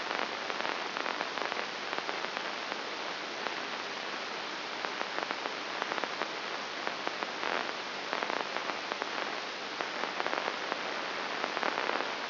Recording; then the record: brain microelectrode recording played as sound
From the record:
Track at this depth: inside the subthalamic nucleus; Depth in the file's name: 1.901 mm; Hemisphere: right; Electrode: 3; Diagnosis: Parkinson's disease